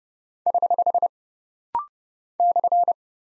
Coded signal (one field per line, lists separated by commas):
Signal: Morse code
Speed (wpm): 30 wpm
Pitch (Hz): 700 Hz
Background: none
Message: <HH> /